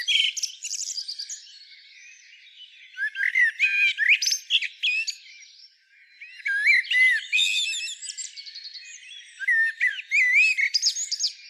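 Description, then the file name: Common blackbird delivering a long run of phrases: whistled notes mixed with high, thin, twittering flourishes, pausing briefly between bursts. "Turdus merula"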